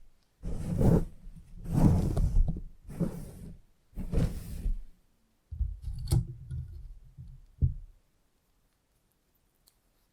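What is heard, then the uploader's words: Salon head massage: rhythmic rubbing swishes every second or so, then softer muffled strokes with a couple of sharp clicks, ending in silence. Salon Haircut Head Massage, Scissors and Clipper.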